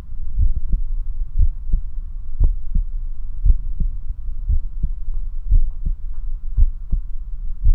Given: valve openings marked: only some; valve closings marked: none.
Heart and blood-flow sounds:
heart sounds by stethoscope; 58 bpm
0.40 s: heartbeat (ECG mark)
1.40 s: heartbeat (ECG mark)
2.42 s: heartbeat (ECG mark)
2.47 s: aortic valve opens (echo mark)
3.47 s: heartbeat (ECG mark)
3.53 s: aortic valve opens (echo mark)
4.50 s: heartbeat (ECG mark)
5.53 s: heartbeat (ECG mark)
5.57 s: aortic valve opens (echo mark)
6.59 s: heartbeat (ECG mark)
6.65 s: aortic valve opens (echo mark)
7.66 s: heartbeat (ECG mark)
7.70 s: aortic valve opens (echo mark)
From the record:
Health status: healthy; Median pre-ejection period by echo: 52 ms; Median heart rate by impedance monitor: 58 bpm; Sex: male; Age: 21 years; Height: 174 cm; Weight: 70 kg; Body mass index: 23.12

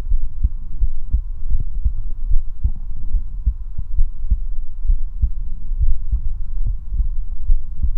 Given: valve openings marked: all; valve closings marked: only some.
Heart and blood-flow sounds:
heart sounds by stethoscope; 73 bpm
0.13 s: heartbeat (ECG mark)
0.16 s: aortic valve opens (echo mark)
0.44 s: aortic valve closes (echo mark)
0.83 s: heartbeat (ECG mark)
0.87 s: aortic valve opens (echo mark)
1.15 s: aortic valve closes (echo mark)
1.55 s: heartbeat (ECG mark)
1.58 s: aortic valve opens (echo mark)
1.86 s: aortic valve closes (echo mark)
2.33 s: heartbeat (ECG mark)
2.36 s: aortic valve opens (echo mark)
2.65 s: aortic valve closes (echo mark)
3.16 s: heartbeat (ECG mark)
3.20 s: aortic valve opens (echo mark)
3.48 s: aortic valve closes (echo mark)
4.00 s: heartbeat (ECG mark)
4.04 s: aortic valve opens (echo mark)
4.32 s: aortic valve closes (echo mark)
4.91 s: heartbeat (ECG mark)
4.94 s: aortic valve opens (echo mark)
5.24 s: aortic valve closes (echo mark)
5.82 s: heartbeat (ECG mark)
5.86 s: aortic valve opens (echo mark)
6.14 s: aortic valve closes (echo mark)
6.68 s: heartbeat (ECG mark)
6.72 s: aortic valve opens (echo mark)
6.99 s: aortic valve closes (echo mark)
7.51 s: heartbeat (ECG mark)
7.54 s: aortic valve opens (echo mark)
From the record:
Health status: healthy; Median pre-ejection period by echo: 35 ms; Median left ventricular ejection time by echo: 280 ms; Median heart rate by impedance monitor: 73 bpm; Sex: male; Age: 19 years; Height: 179 cm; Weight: 78 kg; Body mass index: 24.34

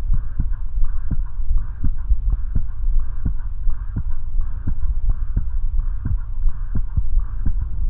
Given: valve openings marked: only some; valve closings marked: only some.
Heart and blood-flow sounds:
heart sounds by stethoscope; 85 bpm
0.10 s: heartbeat (ECG mark)
0.15 s: aortic valve opens (echo mark)
0.42 s: aortic valve closes (echo mark)
0.81 s: heartbeat (ECG mark)
0.86 s: aortic valve opens (echo mark)
1.14 s: aortic valve closes (echo mark)
1.54 s: heartbeat (ECG mark)
1.59 s: aortic valve opens (echo mark)
1.87 s: aortic valve closes (echo mark)
2.26 s: heartbeat (ECG mark)
2.31 s: aortic valve opens (echo mark)
2.58 s: aortic valve closes (echo mark)
2.96 s: heartbeat (ECG mark)
3.01 s: aortic valve opens (echo mark)
3.29 s: aortic valve closes (echo mark)
3.67 s: heartbeat (ECG mark)
3.72 s: aortic valve opens (echo mark)
3.99 s: aortic valve closes (echo mark)
4.38 s: heartbeat (ECG mark)
4.43 s: aortic valve opens (echo mark)
4.71 s: aortic valve closes (echo mark)
5.08 s: heartbeat (ECG mark)
5.13 s: aortic valve opens (echo mark)
5.39 s: aortic valve closes (echo mark)
5.76 s: heartbeat (ECG mark)
5.81 s: aortic valve opens (echo mark)
6.08 s: aortic valve closes (echo mark)
6.45 s: heartbeat (ECG mark)
6.51 s: aortic valve opens (echo mark)
6.78 s: aortic valve closes (echo mark)
7.16 s: heartbeat (ECG mark)
7.22 s: aortic valve opens (echo mark)
7.49 s: aortic valve closes (echo mark)
7.86 s: heartbeat (ECG mark)
From the record:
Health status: healthy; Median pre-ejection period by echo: 55 ms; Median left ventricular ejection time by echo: 274 ms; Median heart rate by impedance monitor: 81 bpm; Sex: female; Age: 19 years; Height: 155 cm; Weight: 52 kg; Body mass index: 21.63

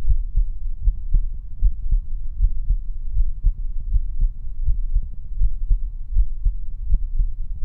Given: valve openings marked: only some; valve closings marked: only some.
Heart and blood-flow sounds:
heart sounds by stethoscope; 79 bpm
0.08 s: heartbeat (ECG mark)
0.85 s: heartbeat (ECG mark)
1.63 s: heartbeat (ECG mark)
2.41 s: heartbeat (ECG mark)
2.46 s: aortic valve opens (echo mark)
2.70 s: aortic valve closes (echo mark)
3.17 s: heartbeat (ECG mark)
3.93 s: heartbeat (ECG mark)
3.98 s: aortic valve opens (echo mark)
4.22 s: aortic valve closes (echo mark)
4.67 s: heartbeat (ECG mark)
4.73 s: aortic valve opens (echo mark)
4.96 s: aortic valve closes (echo mark)
5.42 s: heartbeat (ECG mark)
6.17 s: heartbeat (ECG mark)
6.90 s: heartbeat (ECG mark)
6.97 s: aortic valve opens (echo mark)
7.20 s: aortic valve closes (echo mark)
7.64 s: heartbeat (ECG mark)
From the record:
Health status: healthy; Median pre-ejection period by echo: 63 ms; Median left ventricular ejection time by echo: 234 ms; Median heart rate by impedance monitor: 79 bpm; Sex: male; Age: 20 years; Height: 181 cm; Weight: 74 kg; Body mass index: 22.59

